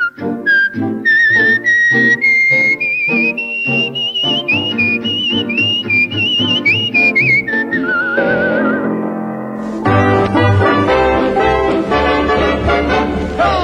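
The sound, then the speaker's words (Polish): A woman whistles a bright, lilting melody that glides and trills while she plays a lively piano accompaniment herself, rising through a cheerful tune before the music swells into a fuller, busier band section. “Przy tym sama gwiżdżę sobie tak wesoło i swobodnie, swym głosikiem gwiżdżę tak.”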